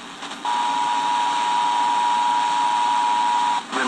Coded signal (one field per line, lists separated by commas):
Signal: Emergency Alert System (SAME) tones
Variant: 853 and 960 Hz attention tone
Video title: February Sneaks in Some Last-Minute Severeness | EAS #366-376 (Severe Weather Alerts from 2/28/2024)